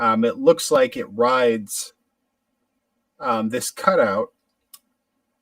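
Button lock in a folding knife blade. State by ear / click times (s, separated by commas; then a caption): seated / 4.7 s. Someone talks while working the button lock of a folding knife, which rides along a cutout in the blade. At 4.7 s a single short, sharp tick sounds as the button lock snaps into place and the blade locks.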